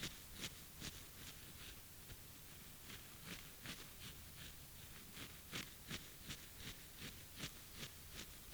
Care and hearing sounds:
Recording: daily activity, guitar pickup as the sensor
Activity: brush teeth

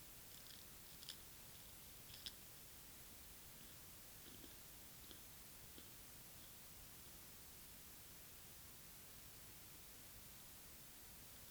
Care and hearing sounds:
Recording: daily activity, guitar pickup as the sensor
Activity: eat

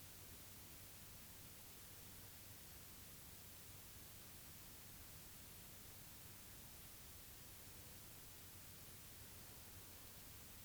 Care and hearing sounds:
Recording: daily activity, guitar pickup as the sensor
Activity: sit

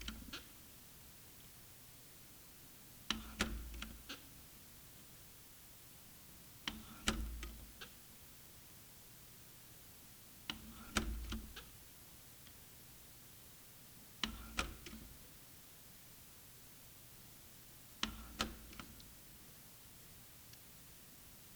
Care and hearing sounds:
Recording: daily activity, guitar pickup as the sensor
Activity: manipulate door

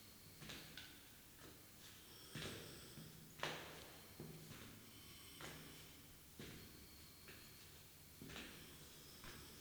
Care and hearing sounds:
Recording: daily activity, guitar pickup as the sensor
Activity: go downstairs

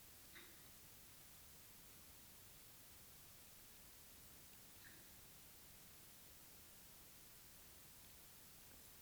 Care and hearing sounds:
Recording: daily activity, guitar pickup as the sensor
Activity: drink water

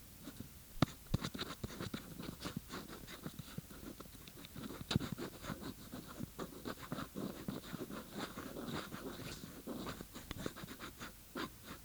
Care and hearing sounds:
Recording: daily activity, guitar pickup as the sensor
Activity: write

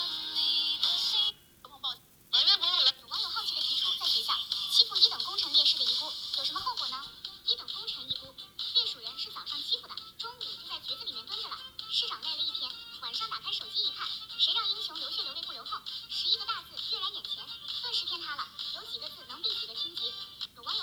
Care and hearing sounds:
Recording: daily activity, guitar pickup as the sensor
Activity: browse video

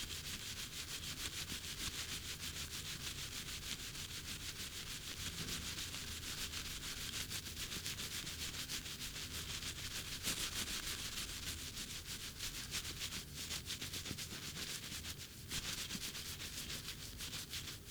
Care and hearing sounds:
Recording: daily activity, guitar pickup as the sensor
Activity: brush teeth

